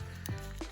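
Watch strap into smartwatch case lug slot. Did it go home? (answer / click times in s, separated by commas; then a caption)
no / none. A watch strap is slid into the lug slot of a cheap replica Apple Watch Ultra 2 style smartwatch case. There is a brief sliding scrape with faint sharp ticks near 0.3 s and 0.6 s. The strap does not lock in place because the case has no locking mechanism, so nothing has seated or clicked.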